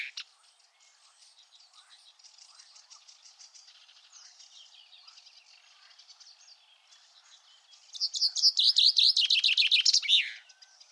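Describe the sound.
Common chaffinch song phrase near the end, a descending trill with a terminal flourish, following several seconds of faint, softer bird notes.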